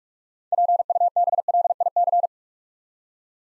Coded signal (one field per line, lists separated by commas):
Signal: Morse code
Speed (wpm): 44 wpm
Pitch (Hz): 700 Hz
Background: none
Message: PUBLIC